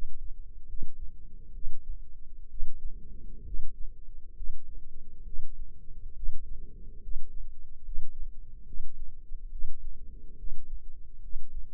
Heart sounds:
heart sounds by microphone in the left ear; 68 bpm
0.66 s: heartbeat
1.52 s: heartbeat
2.48 s: heartbeat
3.44 s: heartbeat
4.34 s: heartbeat
5.24 s: heartbeat
6.14 s: heartbeat
7.01 s: heartbeat
7.82 s: heartbeat
8.65 s: heartbeat
9.50 s: heartbeat
10.36 s: heartbeat
11.20 s: heartbeat
From the record:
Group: healthy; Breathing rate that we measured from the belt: 17 breaths a minute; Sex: male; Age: 35 years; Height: 178 cm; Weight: 64 kg

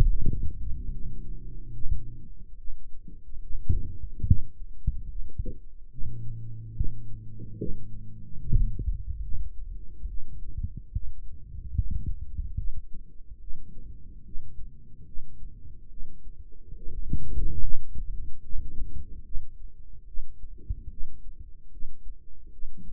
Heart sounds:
heart sounds by microphone in the right ear; 72 bpm
0.05 s: heartbeat
0.91 s: heartbeat
1.74 s: heartbeat
2.58 s: heartbeat
3.42 s: heartbeat
4.26 s: heartbeat
5.09 s: heartbeat
5.91 s: heartbeat
6.75 s: heartbeat
7.58 s: heartbeat
8.39 s: heartbeat
9.22 s: heartbeat
10.07 s: heartbeat
10.92 s: heartbeat
11.74 s: heartbeat
12.57 s: heartbeat
13.40 s: heartbeat
14.24 s: heartbeat
15.06 s: heartbeat
15.90 s: heartbeat
16.76 s: heartbeat
17.61 s: heartbeat
18.43 s: heartbeat
19.24 s: heartbeat
20.07 s: heartbeat
20.90 s: heartbeat
21.71 s: heartbeat
22.52 s: heartbeat
From the record:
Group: healthy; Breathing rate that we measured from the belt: 17 breaths a minute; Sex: male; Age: 55 years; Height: 167 cm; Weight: 57.2 kg

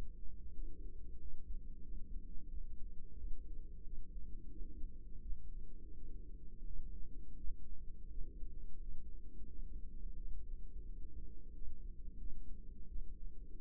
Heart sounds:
heart sounds by microphone in the right ear; 87 bpm
0.53 s: heartbeat
1.18 s: heartbeat
1.82 s: heartbeat
2.48 s: heartbeat
3.15 s: heartbeat
3.82 s: heartbeat
4.49 s: heartbeat
5.21 s: heartbeat
5.94 s: heartbeat
6.64 s: heartbeat
7.35 s: heartbeat
8.09 s: heartbeat
8.79 s: heartbeat
9.46 s: heartbeat
10.15 s: heartbeat
10.84 s: heartbeat
11.51 s: heartbeat
12.17 s: heartbeat
12.86 s: heartbeat
13.56 s: heartbeat
From the record:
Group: healthy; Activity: rest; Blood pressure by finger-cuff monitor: 128/68 mmHg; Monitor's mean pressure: 89 mmHg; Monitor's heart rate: 89 bpm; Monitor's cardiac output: 8.1 L/min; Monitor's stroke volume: 91 mL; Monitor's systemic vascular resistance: 790 dyn s/cm5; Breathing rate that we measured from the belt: 24 breaths a minute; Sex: female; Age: 24 years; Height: 163 cm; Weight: 55.7 kg

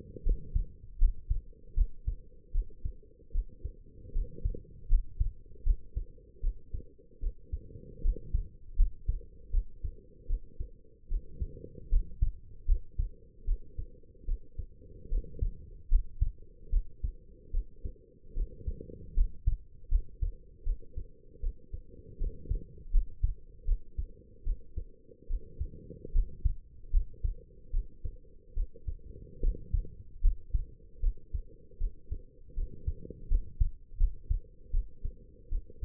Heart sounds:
heart sounds by stethoscope; 77 bpm
0.23 s: heartbeat
0.98 s: heartbeat
1.74 s: heartbeat
2.51 s: heartbeat
3.32 s: heartbeat
4.12 s: heartbeat
4.88 s: heartbeat
5.63 s: heartbeat
6.40 s: heartbeat
7.20 s: heartbeat
8.01 s: heartbeat
8.76 s: heartbeat
9.51 s: heartbeat
10.27 s: heartbeat
11.08 s: heartbeat
11.89 s: heartbeat
12.65 s: heartbeat
13.45 s: heartbeat
14.25 s: heartbeat
15.09 s: heartbeat
15.89 s: heartbeat
16.70 s: heartbeat
17.51 s: heartbeat
18.33 s: heartbeat
19.14 s: heartbeat
19.88 s: heartbeat
20.63 s: heartbeat
21.40 s: heartbeat
22.18 s: heartbeat
22.91 s: heartbeat
23.65 s: heartbeat
24.43 s: heartbeat
25.27 s: heartbeat
26.12 s: heartbeat
26.91 s: heartbeat
27.70 s: heartbeat
28.54 s: heartbeat
29.40 s: heartbeat
30.21 s: heartbeat
31.00 s: heartbeat
31.78 s: heartbeat
32.54 s: heartbeat
33.28 s: heartbeat
33.97 s: heartbeat
34.71 s: heartbeat
35.49 s: heartbeat
From the record:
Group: healthy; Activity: rest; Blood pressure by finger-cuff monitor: 106/68 mmHg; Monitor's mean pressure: 78 mmHg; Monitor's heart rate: 77 bpm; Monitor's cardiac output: 5.8 L/min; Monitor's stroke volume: 76 mL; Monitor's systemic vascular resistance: 970 dyn s/cm5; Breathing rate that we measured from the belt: 16 breaths a minute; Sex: female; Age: 23 years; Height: 160 cm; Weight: 50.4 kg

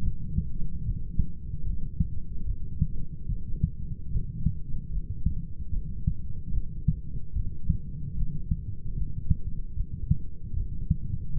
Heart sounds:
heart sounds by stethoscope; 74 bpm
0.02 s: heartbeat
0.84 s: heartbeat
1.64 s: heartbeat
2.45 s: heartbeat
3.27 s: heartbeat
4.11 s: heartbeat
4.91 s: heartbeat
5.71 s: heartbeat
6.52 s: heartbeat
7.34 s: heartbeat
8.16 s: heartbeat
8.95 s: heartbeat
9.75 s: heartbeat
10.55 s: heartbeat
11.35 s: heartbeat
From the record:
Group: healthy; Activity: light exercise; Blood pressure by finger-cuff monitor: 113/47 mmHg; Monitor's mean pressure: 65 mmHg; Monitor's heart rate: 75 bpm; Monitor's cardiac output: 8.5 L/min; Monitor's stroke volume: 114 mL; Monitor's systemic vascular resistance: 550 dyn s/cm5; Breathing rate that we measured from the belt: 16 breaths a minute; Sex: male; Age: 25 years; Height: 170 cm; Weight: 70.4 kg

